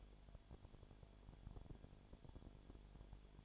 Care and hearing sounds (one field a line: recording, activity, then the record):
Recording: daily activity, microphone in the room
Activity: no activity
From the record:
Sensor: 5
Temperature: 19.9 degrees Celsius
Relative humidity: 37.1%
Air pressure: 1007.4 hPa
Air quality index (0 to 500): 84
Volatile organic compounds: 1 ppm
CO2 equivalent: 962 ppm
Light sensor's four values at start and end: 2/3/1/1 and 2/3/1/1